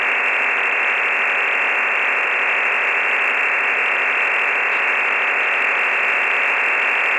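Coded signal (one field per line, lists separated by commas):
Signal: digital SSTV (DRM)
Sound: steady dense rushing hiss in a fixed band, unchanging throughout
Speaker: I shall send this one at 11:00 and see what happened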